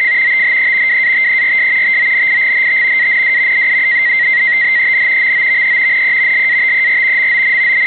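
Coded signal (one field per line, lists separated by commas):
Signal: NAVTEX (SITOR-B)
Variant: 100 baud SITOR-B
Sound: steady fast warbling between two close high tones, continuous chirping data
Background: radio static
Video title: NAVTEX Broadcast from station NME, Charleston SC on 518 KHz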